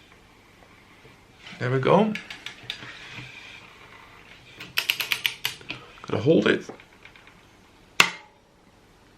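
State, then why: Torque reached. A click-type torque wrench tightens a Force cassette's lockring onto a DT Swiss 350 XDR freehub body on a Trek Speed Concept 7.5, with someone talking as a quick series of sharp clicks sounds around 4.8 to 5.5 seconds. The wrench breaks over at its 40 Nm setting with a single loud click at 8.0 seconds, confirming the lockring is torqued.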